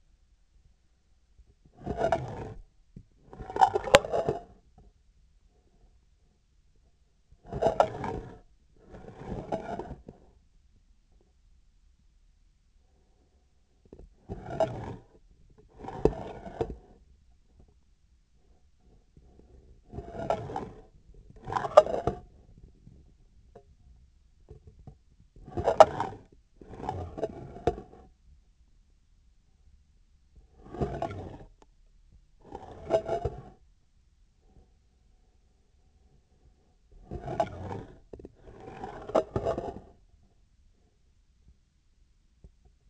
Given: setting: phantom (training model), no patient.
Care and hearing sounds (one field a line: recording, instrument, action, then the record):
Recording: laparoscopic instrument, vibration sensor on the handle end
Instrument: scissors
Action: approaching and retracting movements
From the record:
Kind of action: spatial motion